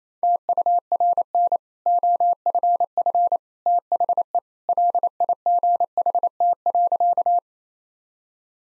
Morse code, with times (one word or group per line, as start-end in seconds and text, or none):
0.2-1.6 TURN
1.9-3.4 OFF
3.7-4.4 THE
4.7-7.4 LIGHT.